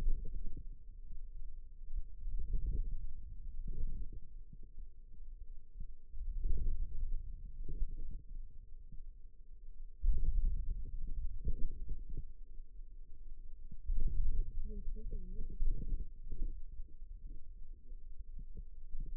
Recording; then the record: forearm muscle sounds (acoustic myography)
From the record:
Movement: ulnar deviation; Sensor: system 2, bracelet of six BSWA MPA416 microphones around the upper forearm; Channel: 4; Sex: female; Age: 21 years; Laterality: right